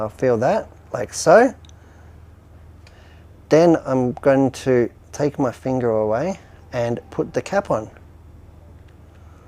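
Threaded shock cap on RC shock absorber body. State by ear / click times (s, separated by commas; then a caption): not seated / none. Someone talks while handling a threaded cap and the body of a filled RC shock absorber, with a bladder in place and a finger held on it before the cap goes on. Only faint, brief handling ticks sound between the words. The cap has not been threaded or seated yet and nothing has clicked.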